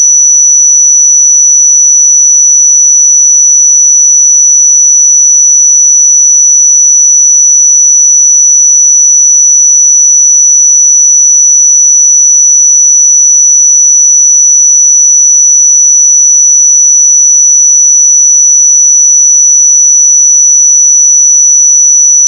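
A pure sine tone at 5923 Hz holds perfectly steady for the whole clip, a single thin, piercing high whistle. Its loudness never changes, and nothing else sounds beneath or around it, with no background noise at all.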